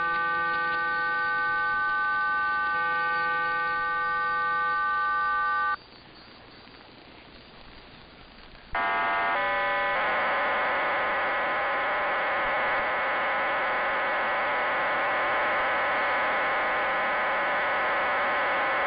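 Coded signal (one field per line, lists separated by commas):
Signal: numbers station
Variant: HM01, RDFT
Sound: several steady tones together, a short pause, then a dense warbling multi-tone hiss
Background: radio static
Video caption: sequence 68532* *RDFT sequence 35631* *RDFT sequence 30038* *RDFT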